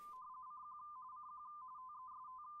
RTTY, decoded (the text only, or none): CQ CQ TEST